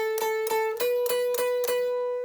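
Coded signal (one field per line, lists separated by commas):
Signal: none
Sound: guitar tutorial music notes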